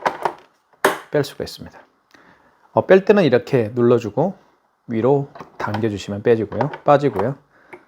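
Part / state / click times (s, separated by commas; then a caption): detachable cable/module plugging into a card payment terminal / not seated / none. Someone talks while handling the detachable cable module of a KIS-8630QN card payment terminal, showing that it is removed by pressing it and pulling it upward. Brief handling knocks are heard near the start, around 0.3 s and 0.9 s. The module has not yet been pushed back in, and nothing has seated or clicked yet.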